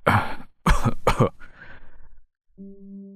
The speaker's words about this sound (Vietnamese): vừa lên tiếng đã ho khù khụ, hít thở khó khăn.